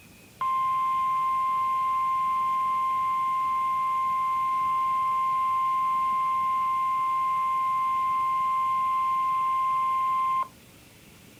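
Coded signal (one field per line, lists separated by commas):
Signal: Emergency Alert System (SAME) tones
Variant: 1050 Hz attention tone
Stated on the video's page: NOAA weather radio SAME headers for a winter storm warning update and wind chill warning; two of three headers recorded.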